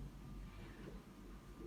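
The brake button of a Bugaboo Buffalo / Donkey stroller's rear wheel lock is compressed a little and slipped into its housing, with only a steady low rumble and faint handling noise throughout. Nothing has seated or clicked yet.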